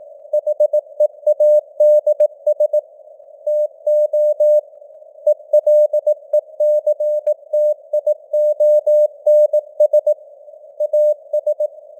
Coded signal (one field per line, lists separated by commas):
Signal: Morse code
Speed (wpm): 18 wpm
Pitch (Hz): 600 Hz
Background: none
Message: HEADS TO ELECTIONS AS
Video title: Morse Code News | 2025-12-27 | 18wpm